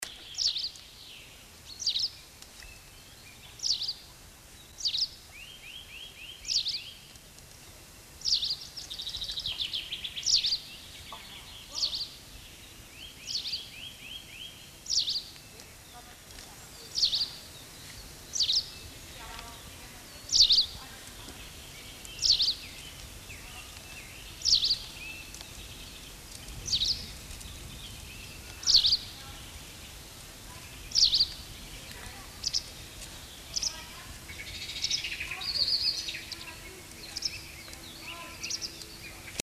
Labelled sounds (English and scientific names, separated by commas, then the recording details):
White Wagtail (Motacilla alba) song, Common Chaffinch (Fringilla coelebs), Eurasian Nuthatch (Sitta europaea)
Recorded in the wild
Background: Fringilla coelebs, Sitta europaea, Homo sapiens
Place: Oberstdorf, Bayern, DE
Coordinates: 47.3961, 10.2503
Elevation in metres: 1030
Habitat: mountains
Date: 1985-04-04
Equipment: Uher 4000 Report
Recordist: Tretzel, Erwin
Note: Edmund-Probst-Weg, Oberstdorf: Gesang